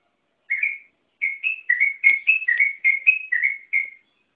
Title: Suara Trucukan